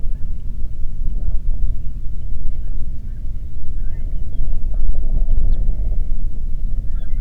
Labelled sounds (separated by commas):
bird, wind